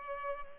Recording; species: mosquito wingbeat signal from an infrared sensor; Culex pipiens